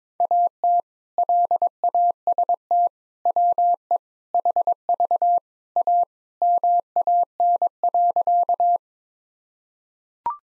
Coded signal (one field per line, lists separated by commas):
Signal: Morse code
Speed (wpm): 22 wpm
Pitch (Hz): 700 Hz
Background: none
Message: AT LAST WE HV A MAN.